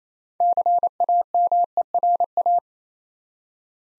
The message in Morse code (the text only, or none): CAMERA